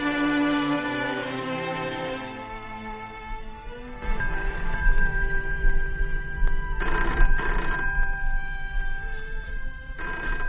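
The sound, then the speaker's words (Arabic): In the Egyptian radio play "The Closed Door", a few seconds of sustained music give way to a telephone bell ringing in repeated, rattling bursts, fairly loud, with no voices over it. “خليك انت يا بدرية، أنا اللي هرد على التليفون.”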